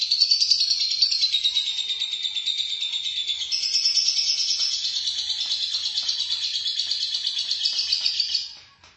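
Lovebird song: a long, unbroken run of fast, buzzy, high-pitched chattering notes that fades out abruptly at the end.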